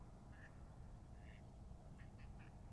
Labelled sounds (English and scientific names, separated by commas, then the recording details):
Mallard (Anas platyrhynchos)
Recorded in Germany
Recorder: ecoPi